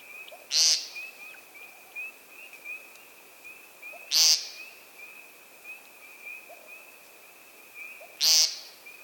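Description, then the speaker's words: American Woodcock peent calls: short, buzzy, nasal notes about every four seconds, with a steady thin high tone running beneath them. Male calling for mates in very early spring; the call is followed by a spectacular upward flight. "Also heard very early is the peent call of the American woodcock."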